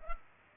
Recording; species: mosquito wingbeat signal from an infrared sensor; Culex pipiens